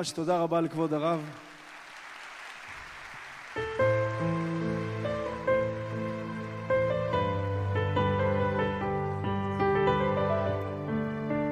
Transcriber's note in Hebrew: מחיאות כפיים